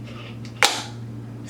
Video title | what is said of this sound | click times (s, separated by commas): *NEW* GOLD DYSON HAIR DRYER - I hope this doesn't ruin my hair!!!! | they are magnetic so they just kind of snap right in there | 0.6 s